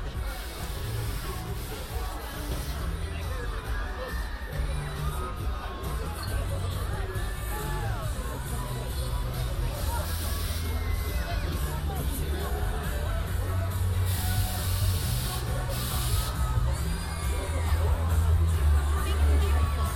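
A walk through Hyde Park toward the winter carnival, filled with a dense, steady wash of crowd chatter and overlapping voices. A low rumble runs underneath, growing heavier and slightly louder toward the end, with brief bright hissing bursts around the middle.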